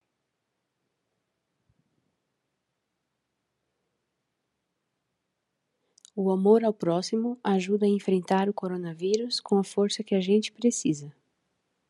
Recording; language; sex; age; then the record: spoken sentence; Brazilian Portuguese; female; 30 to 39 years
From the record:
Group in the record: control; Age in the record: 35 years